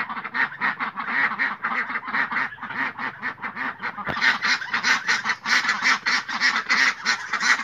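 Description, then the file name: Domestic duck flock quacking, rapid nasal calls, becoming louder and harsher after midway. "Tieng dan vit keu"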